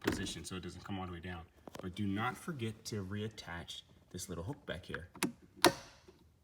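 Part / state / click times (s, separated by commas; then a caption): glove box damper hook onto the glove box / seated / 5.6 s. Someone talks while reattaching the small plastic damper hook at the back of the glove box of a 2014 Honda Accord after changing the cabin air filter. One sharp click is heard at 5.6 s as the hook snaps back into place, and it is seated.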